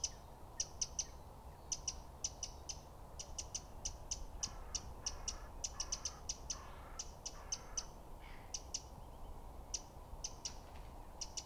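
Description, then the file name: Eurasian wren producing repeated sharp ticks in short runs and clusters, with faint lower bird sounds in the middle and a constant low hum. "Troglodytes troglodytes"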